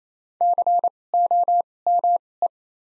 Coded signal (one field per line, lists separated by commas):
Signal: Morse code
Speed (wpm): 28 wpm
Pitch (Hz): 700 Hz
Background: none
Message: C O M E